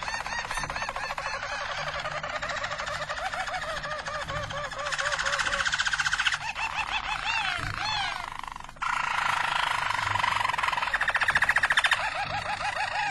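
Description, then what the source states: Harz Roller canary singing continuous rolled trills that shift between deeper and higher tours, with arched bubbling notes and a brief pause before the roll resumes. Belgian Harz Roller canary.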